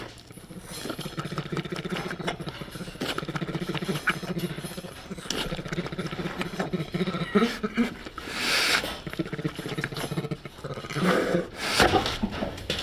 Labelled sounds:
Sloth Bear call
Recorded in captivity
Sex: female
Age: adult
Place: Tierpark Berlin, Berlin, DE
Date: 1967-12-25 10:00
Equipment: R 20/1, Sennheiser MD 421
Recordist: Tembrock, Günter

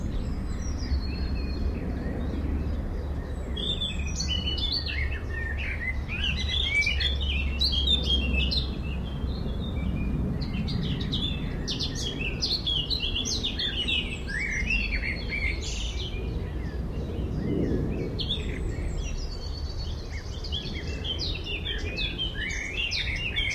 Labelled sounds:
Common Blackbird
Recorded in the wild
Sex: male
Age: adult
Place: Friedhof Niederschönhausen III, Berlin, DE
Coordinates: 52.62, 13.46
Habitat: Stadtfriedhof
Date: 1994-05-12
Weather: sonnig, böiger Wind, 12-14°C
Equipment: Marantz CP 430, Sennheiser ME 80, Kopie Uher Variocord 263
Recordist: Tembrock, Günter

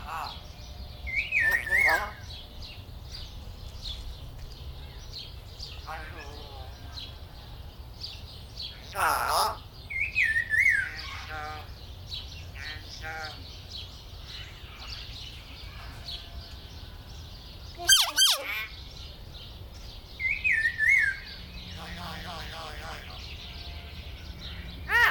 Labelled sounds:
Common Hill Myna
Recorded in captivity
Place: Zoo Berlin, Berlin, DE
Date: 1996-04-20 19:07
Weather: sonnig, 24°C
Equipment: Sony MD-WM MZ-R3, Sennheiser MKH 416 T, Kopie Uher 4000 Report Monitor
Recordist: Tembrock, Günter

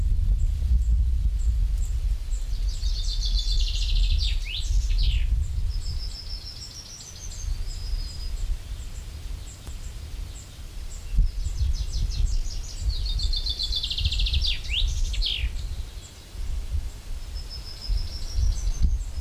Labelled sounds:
Common Chaffinch song
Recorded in the wild
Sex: male
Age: adult
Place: Bötzow - Krämer, Brandenburg, DE
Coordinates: 52.6736, 13.0725
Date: 1997-05-18 17:27
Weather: sunny, 26°C, wind
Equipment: Sony MD-WM MZ-R3, Sennheiser MKH 416 T, Kopie Uher 4000 Report Monitor
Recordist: Tembrock, Günter

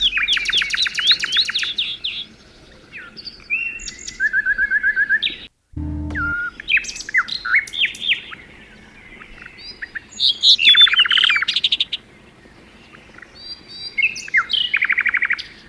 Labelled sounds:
Common Rock Thrush song
Common Nightingale song
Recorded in the wild
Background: Luscinia megarhynchos
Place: Melnik, Blagoewgrad, BG
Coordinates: 41.525, 23.392
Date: 1974-05-26
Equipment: Nagra III BH, Sennheiser MD 21, parabola
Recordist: Schubert, Michael
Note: Gesang Steinrötel Nr. 2 u. Nachtigall, sehr kurz

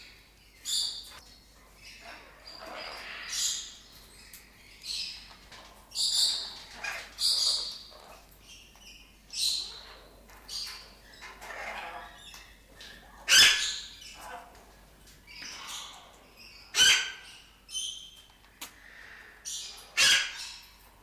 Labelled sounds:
Blue-winged Macaw call
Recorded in captivity
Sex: group
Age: adult
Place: Zoo Berlin, Berlin, DE
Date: 1997-11-22 11:31
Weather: overcast, ca.1°C
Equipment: Nagra SN, Kopie Uher 4000 Report Monitor
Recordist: Tembrock, Günter

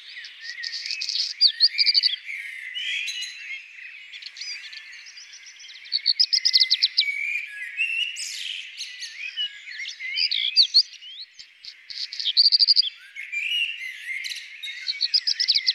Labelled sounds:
Black Redstart song
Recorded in the wild
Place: Freiburg im Breisgau / Lehen, Baden-Württemberg, DE
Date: 2002-04-21
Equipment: MiniDisc Sharp MT 20 H
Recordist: Schwarz, Dieter
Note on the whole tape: Song

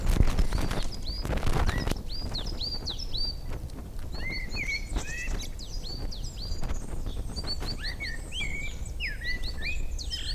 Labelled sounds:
Common Blackbird
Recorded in the wild
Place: Naturfreundehaus - Üdersee, Nationalpark Untere Oder, Brandenburg, DE
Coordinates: 52.85, 13.68
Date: 1996-03-28 17:50
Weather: sonnig, böiger Wind, 3°C
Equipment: Sony MD-WM MZ-R3, Sennheiser ME 80, Kopie Uher 4000 Report Monitor
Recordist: Tembrock, Günter

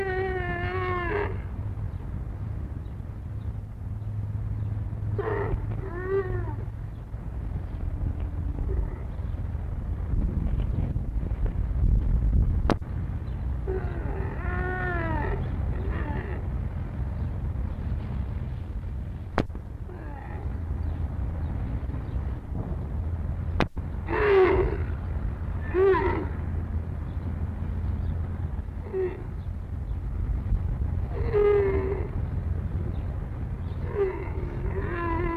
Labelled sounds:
One-humped Camel defence call
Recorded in captivity
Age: subadult
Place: Zoo Hannover, Niedersachsen, DE
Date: 1960-11-30 15:30
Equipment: Minifon, Kopie Smaragd
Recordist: Tembrock, Günter

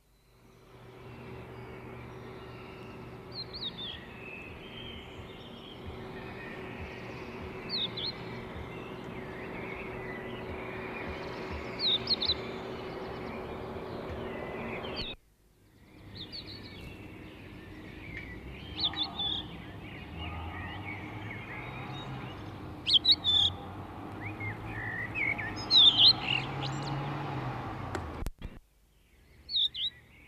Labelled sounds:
Crested Lark song
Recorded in the wild
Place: Sötern, Saarland, DE
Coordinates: 49.5947, 7.065
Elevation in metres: 419
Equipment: Nagra IV, Sennheiser MKH 405, Parabolreflektor
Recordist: Tretzel, Erwin

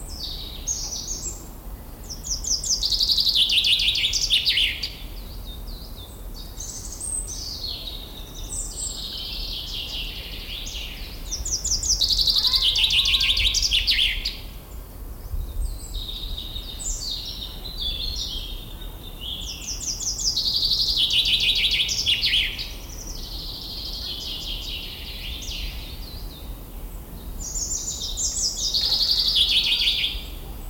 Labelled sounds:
Common Chaffinch
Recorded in the wild
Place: Mühlenbeck, Brandenburg, DE
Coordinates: 52.67, 13.38
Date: 1996-04-28 15:54
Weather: heiter-wolkig, 17°C
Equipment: Sony MD-WM MZ-R3, Sennheiser MKH 416 T, Kopie Uher 4000 Report Monitor
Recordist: Tembrock, Günter

